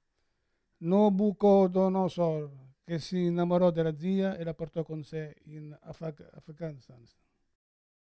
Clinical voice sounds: read passage; Italian; male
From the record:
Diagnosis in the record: Parkinson's disease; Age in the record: 71 years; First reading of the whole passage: 60 s, 8.7 characters per second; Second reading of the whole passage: 57 s, 9.1 characters per second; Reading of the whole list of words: 54 s, 5.3 characters per second

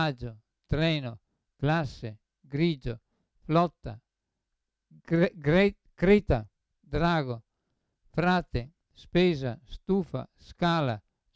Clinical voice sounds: read list of words; Italian; male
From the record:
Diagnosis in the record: Parkinson's disease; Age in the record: 75 years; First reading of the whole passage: 62 s, 8.3 characters per second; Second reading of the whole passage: 57 s, 9.2 characters per second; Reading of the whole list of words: 53 s, 5.3 characters per second

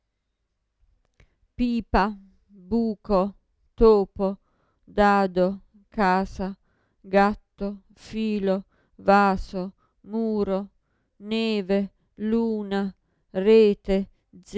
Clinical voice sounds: read list of words; Italian; female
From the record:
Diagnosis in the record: Parkinson's disease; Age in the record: 54 years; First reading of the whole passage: 55 s, 9.4 characters per second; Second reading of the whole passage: 50 s, 10.4 characters per second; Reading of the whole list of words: 55 s, 5.1 characters per second

